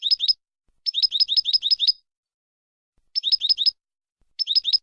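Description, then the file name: European goldfinch singing in short bursts of rapid, tinkling doubled notes, with short silences between them. Training song for goldfinches, in the clean-song style called 'cante limpio'. "Educacion jilgueros a cante limpio"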